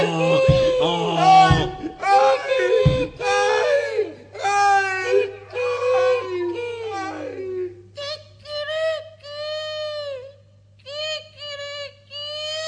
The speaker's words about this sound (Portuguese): Aos berros espavorido, o ladrão voltou correndo para contar ao seu chefe o que estava acontecendo.